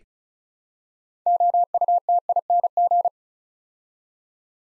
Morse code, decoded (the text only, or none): OUTING